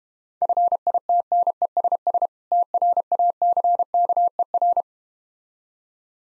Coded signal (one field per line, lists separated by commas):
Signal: Morse code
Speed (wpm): 32 wpm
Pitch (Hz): 700 Hz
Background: none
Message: FITNESS TRACKER